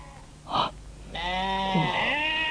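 animal, goats bleating

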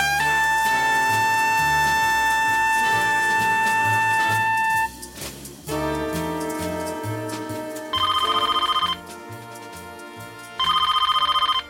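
signal or alarm, telephone bell ringing

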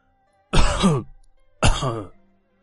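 human body sound, two light coughs

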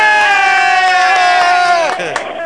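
crowd, crowd shouting and cheering

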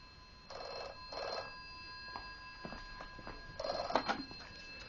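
signal or alarm, telephone ringing

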